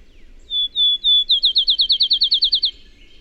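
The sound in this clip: A bird sings three sustained high whistles followed by a quick, regular trill of about a dozen chirping notes, then falls silent over faint background hum.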